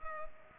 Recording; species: mosquito wingbeat signal from an infrared sensor; Culex pipiens